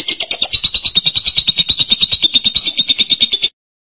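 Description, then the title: Lovebird chattering in a fast, harsh, buzzy pulse train at a high, steady pitch, running for about three and a half seconds before stopping abruptly. "BM Suara Burung Lovebird"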